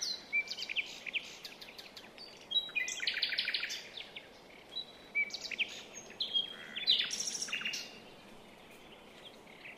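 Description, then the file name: Common nightingale song, a string of distinct phrases mixing buzzy trills, sharp clicks and pure whistled notes, with short gaps between them. "Luscinia megarhynchos"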